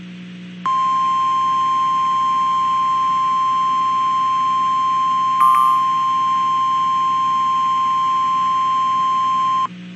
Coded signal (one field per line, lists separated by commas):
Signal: Emergency Alert System (SAME) tones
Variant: 1050 Hz attention tone